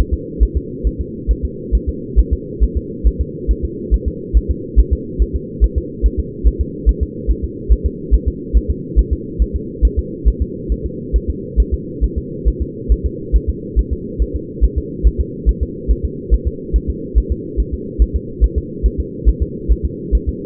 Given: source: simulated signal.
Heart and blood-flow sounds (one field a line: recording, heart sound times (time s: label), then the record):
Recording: fetal heart sounds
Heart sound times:
0.14 s: S2
0.43 s: S1
0.57 s: S2
0.87 s: S1
1.01 s: S2
1.31 s: S1
1.45 s: S2
1.75 s: S1
1.89 s: S2
2.19 s: S1
2.33 s: S2
2.63 s: S1
2.77 s: S2
3.07 s: S1
3.21 s: S2
3.51 s: S1
3.65 s: S2
3.94 s: S1
4.08 s: S2
4.37 s: S1
4.51 s: S2
4.79 s: S1
4.93 s: S2
5.22 s: S1
5.36 s: S2
5.64 s: S1
5.78 s: S2
6.06 s: S1
6.20 s: S2
6.47 s: S1
6.61 s: S2
6.89 s: S1
7.03 s: S2
7.31 s: S1
7.44 s: S2
7.72 s: S1
7.86 s: S2
8.14 s: S1
8.28 s: S2
8.57 s: S1
8.71 s: S2
8.99 s: S1
9.13 s: S2
9.42 s: S1
9.56 s: S2
9.85 s: S1
9.99 s: S2
10.28 s: S1
10.42 s: S2
10.72 s: S1
10.86 s: S2
11.16 s: S1
11.30 s: S2
11.60 s: S1
11.74 s: S2
12.04 s: S1
12.18 s: S2
12.48 s: S1
12.62 s: S2
12.92 s: S1
13.06 s: S2
13.36 s: S1
13.50 s: S2
13.79 s: S1
13.93 s: S2
14.22 s: S1
14.36 s: S2
14.64 s: S1
14.78 s: S2
15.07 s: S1
15.21 s: S2
15.49 s: S1
15.63 s: S2
15.91 s: S1
16.05 s: S2
16.34 s: S1
16.48 s: S2
16.76 s: S1
16.90 s: S2
17.18 s: S1
17.32 s: S2
17.60 s: S1
17.74 s: S2
18.02 s: S1
18.16 s: S2
18.44 s: S1
18.58 s: S2
18.86 s: S1
19.00 s: S2
19.29 s: S1
19.42 s: S2
19.72 s: S1
19.85 s: S2
20.15 s: S1
20.29 s: S2
From the record:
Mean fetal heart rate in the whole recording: 140 bpm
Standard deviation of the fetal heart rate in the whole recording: 2 bpm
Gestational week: 34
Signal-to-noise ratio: -4.1 dB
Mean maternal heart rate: no maternal heart sound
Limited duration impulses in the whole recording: absent